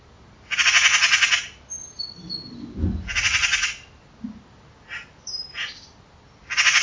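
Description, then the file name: Eurasian magpie producing loud, harsh rattling chatters in long bursts, with short raspy notes between and faint, high, thin whistles. "Ekster Pica pica"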